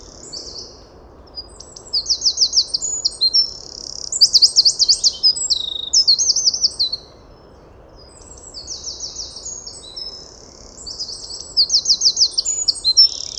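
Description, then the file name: Eurasian wren song: two long, loud bursts of high, rapid trills and sharp twittering notes, separated by a few seconds of pause, over soft steady background hiss. "Troglodytes troglodytes"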